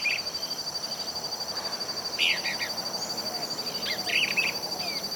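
Large elaenia uttering brief scratchy call notes in three bursts about two seconds apart, against a steady high-pitched insect hum.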